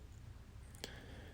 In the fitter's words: You know it's plugged in because you'll hear this nice clicking noise when they click in.